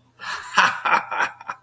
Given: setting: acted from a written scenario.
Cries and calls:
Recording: vocal sound without words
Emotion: triumph

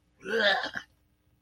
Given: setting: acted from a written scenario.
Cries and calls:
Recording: vocal sound without words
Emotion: disgust

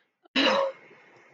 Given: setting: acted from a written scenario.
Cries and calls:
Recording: vocal sound without words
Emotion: distress

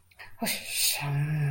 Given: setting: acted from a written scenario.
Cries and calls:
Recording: vocal sound without words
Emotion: relief

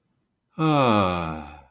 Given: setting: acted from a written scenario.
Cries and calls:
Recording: vocal sound without words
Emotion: relief

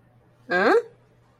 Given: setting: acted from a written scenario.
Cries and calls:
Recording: vocal sound without words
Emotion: confusion

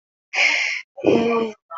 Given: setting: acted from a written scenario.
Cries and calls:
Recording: vocal sound without words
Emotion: guilt

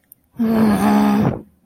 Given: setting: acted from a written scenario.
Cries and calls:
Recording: vocal sound without words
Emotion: anger

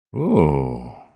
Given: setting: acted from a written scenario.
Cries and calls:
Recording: vocal sound without words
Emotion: romantic love

